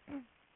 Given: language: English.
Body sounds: throat vibration sensor signal played as sound; throat clearing

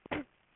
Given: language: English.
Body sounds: throat vibration sensor signal played as sound; cough

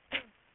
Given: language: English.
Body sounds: throat vibration sensor signal played as sound; cough

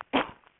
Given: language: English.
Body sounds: throat vibration sensor signal played as sound; cough

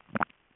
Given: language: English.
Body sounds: throat vibration sensor signal played as sound; swallow

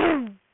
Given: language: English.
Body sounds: throat vibration sensor signal played as sound; throat clearing

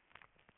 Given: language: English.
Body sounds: throat vibration sensor signal played as sound; swallow

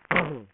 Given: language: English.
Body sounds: throat vibration sensor signal played as sound; throat clearing

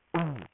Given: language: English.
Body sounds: throat vibration sensor signal played as sound; throat clearing

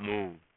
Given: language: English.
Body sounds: throat vibration sensor signal played as sound; speech

